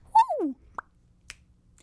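A single abrupt, loud "Woo!" lasting about half a second starts high and sweeps steeply down in pitch, followed by a couple of faint clicks. It is a verbal tic in a teenage girl with Tourette syndrome who has both verbal and motor tics: a sudden, involuntary exclamation.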